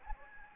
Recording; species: mosquito wingbeat signal from an infrared sensor; Anopheles gambiae